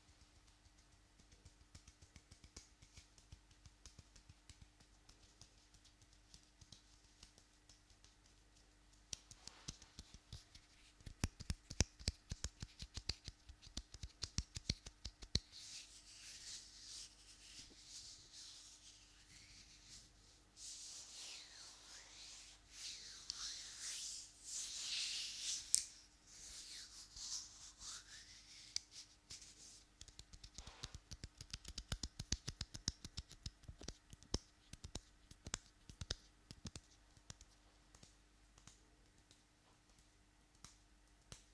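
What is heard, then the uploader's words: Hands with long nails move and rub, making dry scratching and brushing sounds. Quick clicky taps cluster around 10–15 seconds and again after 30, while a softer, hissy swishing swells between about 20 and 28 seconds. A faint steady hum runs underneath. ASMR Hands Sounds Movements Long Nails.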